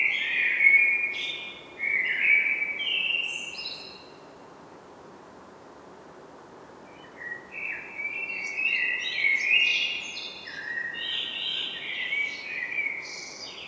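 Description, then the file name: Common blackbird song, a warbled opening phrase, a quiet spell, then a longer stretch of varied fluty notes and high squeaky twitters. "Turdus merula"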